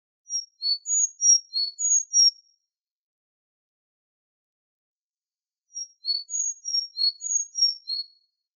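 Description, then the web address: Sakhalin leaf warbler giving two bursts of several thin, very high, short notes, each burst about two seconds long, separated by silence. "ezomushikui"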